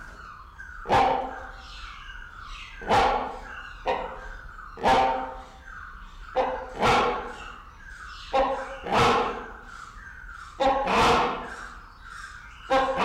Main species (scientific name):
Buceros bicornis